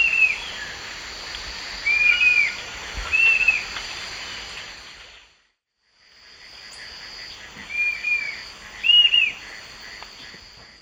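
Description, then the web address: Yellow-crowned tyrannulet calls: several short, sharp, arched whistled notes spaced a second or more apart, with a brief silent gap mid-recording and faint insect hum behind. Recorded in the eastern lowlands of South America. "Natures Songs S America Eastern Lowlands. Yellow-crowned Tyrannulet"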